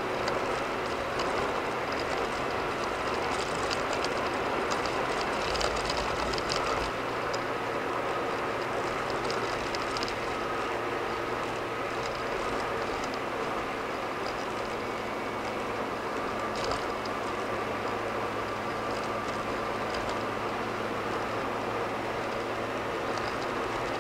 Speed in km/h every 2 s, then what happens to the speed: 98, 97, 98, 90, 92, 89, 89, 85, 84, 85, 85, 82.
0-15 slows to 84. 15-24 steady at about 84.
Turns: none.